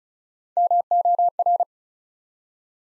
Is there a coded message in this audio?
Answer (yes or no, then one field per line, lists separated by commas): yes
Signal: Morse code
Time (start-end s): 0.6-1.6 s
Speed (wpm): 36 wpm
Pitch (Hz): 700 Hz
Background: none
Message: MOR